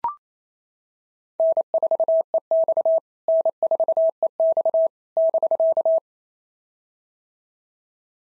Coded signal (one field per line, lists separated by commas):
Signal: Morse code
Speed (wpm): 31 wpm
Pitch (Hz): 650 Hz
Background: none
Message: N4EX N4EX <BK>